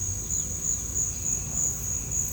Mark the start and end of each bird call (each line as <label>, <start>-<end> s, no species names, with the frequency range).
bird call (2.6-5.1 kHz), 0.30-1.28 s